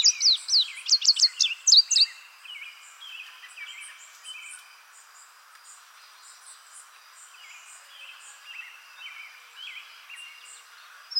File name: suara kicauan burung indigo bunting. omkicau